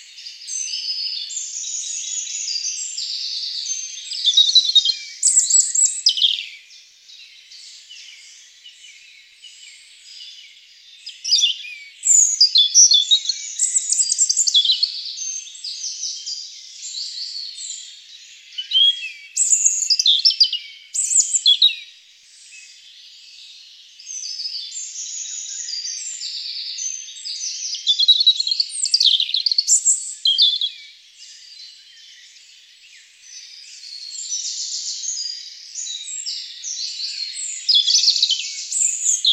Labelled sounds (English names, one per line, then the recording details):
European Robin song
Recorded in the wild
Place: Waltershofen / Freiburg im Breisgau, Baden-Württemberg, DE
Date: 1996-06-21
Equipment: Dat-Recorder Casio DA 7, Telinga DAT, Telinga-Parabolspiegel
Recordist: Schwarz, Dieter
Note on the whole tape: Song